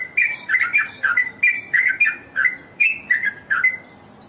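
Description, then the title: Oriental magpie-robin song of varied whistled chirps, quick clusters of notes sliding up and down, ending with a short silence. "Kicau Kacer"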